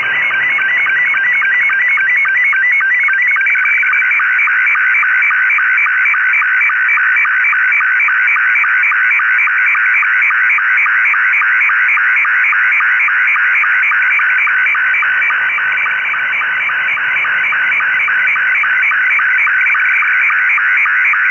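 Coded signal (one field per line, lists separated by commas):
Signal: SSTV (slow-scan television)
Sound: steady warbling, buzzing tones with a rhythmic ticking pulse about four times a second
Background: radio static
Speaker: overall this is quite a successful image reception from F4CYH, which I believe is a French ham radio call sign.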